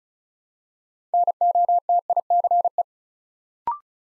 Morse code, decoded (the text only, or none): NOTICE